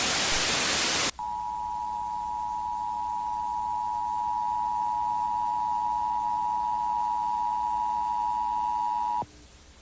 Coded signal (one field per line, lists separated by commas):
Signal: Emergency Alert System (SAME) tones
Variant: 853 and 960 Hz attention tone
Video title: EAS Scenario - Yellowstone Volcano Eruption